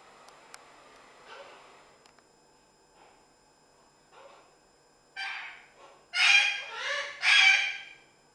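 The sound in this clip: Parrot calls: faint scattered notes early, then a series of loud harsh squawks with wavering bands in the last three seconds.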